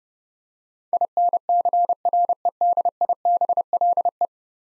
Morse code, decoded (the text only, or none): INCREDIBLE